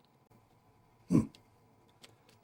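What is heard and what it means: Two plastic gearbox case halves of a small HPI Venture 18 Toyota SR5 RC crawler are pressed together while the gears and shafts are wiggled into line. A short, dull scraping rub of plastic comes around 1.1–1.3 s, followed by faint light ticks near 1.4, 2.1 and 2.3 s. The halves have not snapped into place, and nothing has seated or clicked yet.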